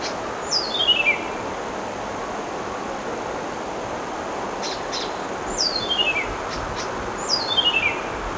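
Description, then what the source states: Birds singing: three cascading descending trills spaced a few seconds apart, with brief sharp chip notes between them, over a constant low hiss. Singing birds recorded in the early morning.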